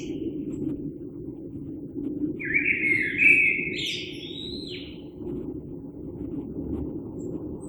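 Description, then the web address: Common blackbird song, a single rich whistled phrase with high twittering notes, set against a constant low hum. Recorded 3 March 2020. "oiseaux Merle 2020 03 03"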